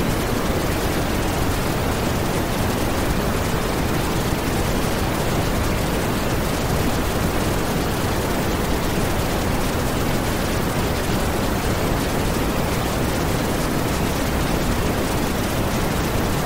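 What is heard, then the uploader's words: Pure pink noise runs unbroken for the whole clip, a dense, even hiss with a full low rumble beneath a softer top. Loudness holds perfectly steady throughout, with no events, changes or other sounds. Pure pink noise.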